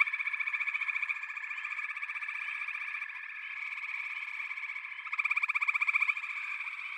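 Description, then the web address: Frog chorus of quick, repeated pulsed trills merging into a steady buzz, with a louder rattling trill starting toward the end. A chorus of frogs calling together. "Echoes of Nature - Frog Chorus"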